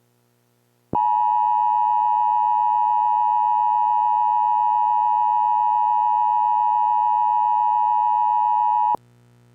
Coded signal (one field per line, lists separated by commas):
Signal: Emergency Alert System (SAME) tones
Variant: 853 and 960 Hz attention tone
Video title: Zom-V-A20: An EAS mock scenario